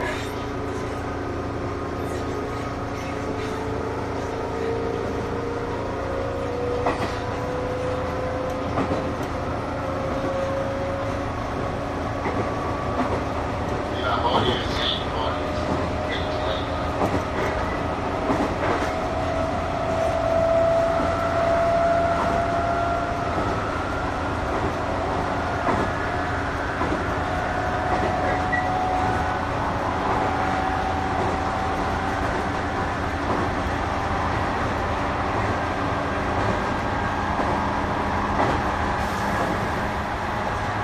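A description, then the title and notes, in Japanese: A JR 221 series train runs from Nara toward JR Namba with a steady, dense rumble and constant low drone. Whining motor tones glide slowly upward and shift through the run, with occasional clicks and knocks from the rails and faint voices underneath. JR221系 奈良→JR難波。関西本線（大和路線）で録音をしました。車体は普通鋼製である。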